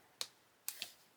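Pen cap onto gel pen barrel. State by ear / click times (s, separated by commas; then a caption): not seated / none. A plastic cap is placed on a Languo Plus 1 mm acrylic gel pen barrel without being pushed fully home. Short, bright plastic ticks come at about 0.2, 0.7 and 0.8 seconds over a quiet background. The cap has not snapped on and is not secured, since it must be pushed until it snaps.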